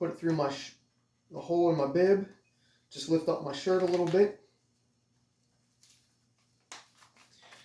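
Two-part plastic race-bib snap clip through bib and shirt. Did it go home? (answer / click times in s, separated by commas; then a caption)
yes / 6.7 s. A two-part plastic race-bib snap clip is pushed together through the hole in a race bib against the shirt fabric while someone talks. A sharp snap is heard at 6.7 seconds as the clip's two halves click into place, seating the clip.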